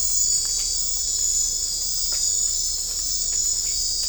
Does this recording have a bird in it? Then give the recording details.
no. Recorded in dense forest near Puerto Asís, Putumayo, Colombia, on 22 December 2024 at 21:30. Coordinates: 0.500, -76.322. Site G053